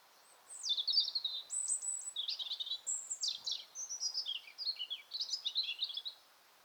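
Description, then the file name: European robin song: a long, unbroken phrase of high, liquid warbles, thin whistles and quick rippling trills over several seconds. "Erithacus rubecula"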